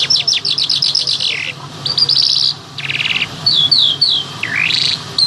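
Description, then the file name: Bimaculated lark song, a fast varied twitter of sharp high notes and buzzy trills, ending in a descending then rising slurred note over a low background hum. "sound black bimaculated lark"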